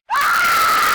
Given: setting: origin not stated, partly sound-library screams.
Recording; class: one-second piece from a danger detection set; woman in danger